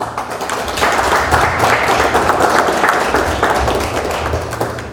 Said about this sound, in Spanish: Y cada uno de ustedes merece un aplauso de mi compañero.